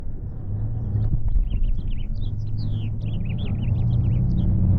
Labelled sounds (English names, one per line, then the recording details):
House Finch song
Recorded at Neponsit on Long Island, New York, on 4 June 1975
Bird D